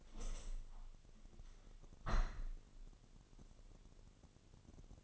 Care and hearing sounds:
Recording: daily activity, microphone in the room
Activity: open window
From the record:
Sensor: 4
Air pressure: 1001.2 hPa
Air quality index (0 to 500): 175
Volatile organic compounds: 2 ppm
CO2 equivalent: 1248 ppm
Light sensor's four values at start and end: 12/27/11/11 and 12/27/11/12

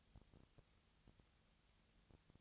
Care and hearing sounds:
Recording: daily activity, microphone in the room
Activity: no activity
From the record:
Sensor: 3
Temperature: 20.4 degrees Celsius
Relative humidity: 34.4%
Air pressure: 997.1 hPa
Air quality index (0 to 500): 205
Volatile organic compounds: 68 ppm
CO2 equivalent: 3500 ppm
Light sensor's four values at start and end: 2/3/2/2 and 2/3/2/2

